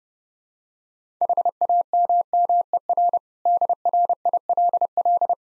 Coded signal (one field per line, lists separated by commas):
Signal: Morse code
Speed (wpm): 30 wpm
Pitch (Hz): 700 Hz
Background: none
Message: HAMMER DRILL